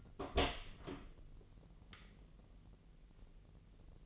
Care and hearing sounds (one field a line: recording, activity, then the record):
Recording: daily activity, microphone in the room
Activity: open door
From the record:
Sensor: 4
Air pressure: 1002.2 hPa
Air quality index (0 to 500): 250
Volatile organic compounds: 42 ppm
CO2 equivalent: 3177 ppm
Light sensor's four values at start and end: 10/24/9/9 and 10/22/9/9